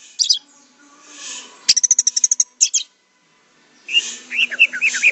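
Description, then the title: Orange-headed thrush song: high squeaky notes, then a rapid series of sharp ticking chirps, a pause, and a burst of warbled whistles. "Anis Merah"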